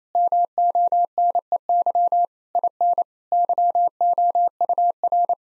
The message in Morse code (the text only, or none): MONEY IN YOUR